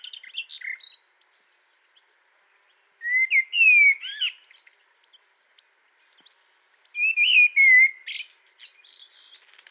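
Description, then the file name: Common blackbird singing three phrases a few seconds apart, the later two slurring as mellow whistles around a mid pitch before breaking into thin, scratchy high twitters. "Turdus merula"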